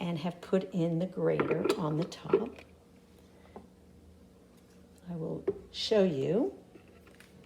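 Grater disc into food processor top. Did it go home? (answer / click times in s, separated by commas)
no / none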